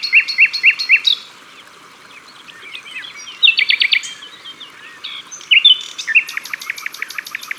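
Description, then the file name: Common nightingale song of quick repeated paired notes, a pulsed bubbling phrase and an ending of high repeated notes, with faint twittering birds around. Sung at the water's edge. "Rossignol philomele Au bord de leau"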